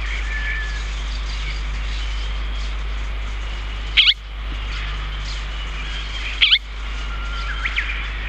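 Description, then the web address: Chestnut-cheeked starling calls, two sharp, harsh chirps about two and a half seconds apart over a steady murmur of bird chatter and low hum. "sikioto birds komukudori"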